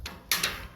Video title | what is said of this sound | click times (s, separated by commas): 634 Hoop Work | you hear it go pop | 0.3 s